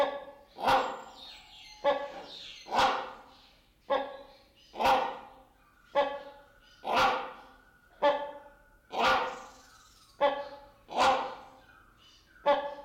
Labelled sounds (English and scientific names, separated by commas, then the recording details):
Great Hornbill (Buceros bicornis)
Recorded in captivity
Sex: pair
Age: adult
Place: Zoo Berlin, Berlin, DE
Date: 1992-12-05 10:54
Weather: schwach sonnig, ca. 4°C
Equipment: Marantz CP 430, Sennheiser ME 80, Kopie Tesla B 116
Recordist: Tembrock, Günter
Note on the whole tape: Männchen: große Rufreihe, Weibchen fällt zeitweise ein (ca. 2 m)